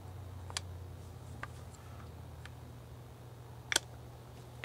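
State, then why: Seated. A swing-away retractable joystick mount from a Permobil "Slim" wheelchair is swung on its pivot after reassembly, and its spring detent wheel drops into the notch of the metal housing. Sharp clicks are heard at 0.6 s and 3.8 s, with a few fainter ticks between them over a low steady hum. The detent seats and clicks into place as it should.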